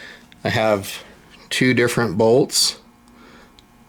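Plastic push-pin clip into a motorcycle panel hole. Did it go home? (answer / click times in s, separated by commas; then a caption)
yes / 0.3 s. A plastic push-pin clip sits in a panel hole on a 2022 Honda Trail CT125 during a USB power install, and its centre pin is pushed down so the clip locks into place with a short, sharp click at 0.3 s. Someone then talks, and two faint ticks follow near 3.1 s and 3.6 s.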